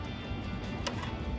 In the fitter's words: And it is snapped in great there.